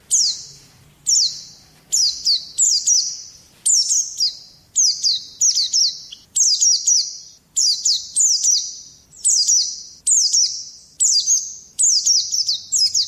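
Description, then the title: Oriental magpie-robin repeating one short, high, down-slurred whistled phrase over and over, sometimes doubled, with brief silences between. "Kicau Kacer"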